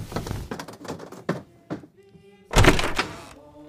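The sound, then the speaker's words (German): A door being opened: several dull thunks, a short low hum, then a sudden loud, rattling burst as it swings open, trailing off into faint tones. “Ich warf mir den Morgenmantel über und ging zur Tür.”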